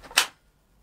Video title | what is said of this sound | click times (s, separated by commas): Airsoft - EMG - Salient Arms International M4 SBR GRY GEN2 [French] | s'enclenche le téton est bien sorti | 0.2 s